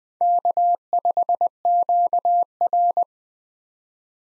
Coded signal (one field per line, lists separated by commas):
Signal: Morse code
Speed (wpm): 20 wpm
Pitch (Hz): 700 Hz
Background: none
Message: K5QR